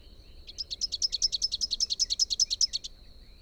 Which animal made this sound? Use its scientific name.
Basileuterus rufifrons